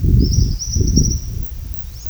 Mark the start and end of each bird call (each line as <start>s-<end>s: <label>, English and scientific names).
0.18s-1.37s: Tropical Kingbird (Tyrannus melancholicus)